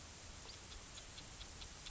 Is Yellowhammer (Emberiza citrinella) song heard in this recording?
no